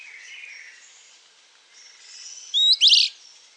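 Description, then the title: Long-tailed tyrant calls: faint high notes, then two loud sharp high chips close together near the end. Nominate subspecies Colonia colonus colonus. "LuckyPassaro Completos2Sama. Long-tailed Tyrant (Colonia colonus colonus)"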